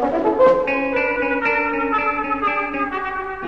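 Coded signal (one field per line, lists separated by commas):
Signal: none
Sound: game music notes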